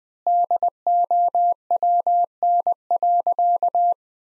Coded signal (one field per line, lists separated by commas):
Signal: Morse code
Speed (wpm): 20 wpm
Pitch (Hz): 700 Hz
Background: none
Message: DOWN.